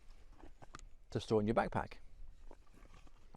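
A press stud fastener on a folded plastic stool snaps shut with a sharp click at 0.8 s, holding the flattened stool closed so it stays folded. A few faint taps follow, and someone talks in the middle of the clip.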